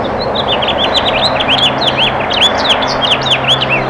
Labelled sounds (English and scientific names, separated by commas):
House Finch (Haemorhous mexicanus) song